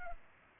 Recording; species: mosquito wingbeat signal from an infrared sensor; Culex pipiens